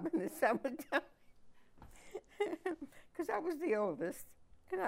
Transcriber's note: laughs